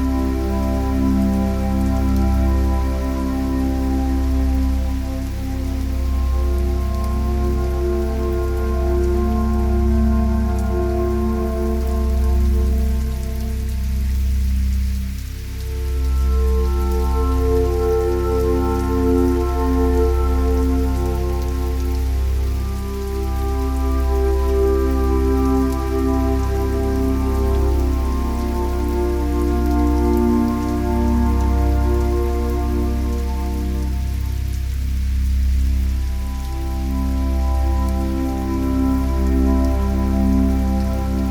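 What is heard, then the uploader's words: Soft music with long, held tones and a deep, steady low hum, the chords shifting slowly and briefly thinning near 15 and 35 seconds. A gentle, even patter of rain runs underneath throughout, constant, with no sharp events. Soft Music + Rain Sounds.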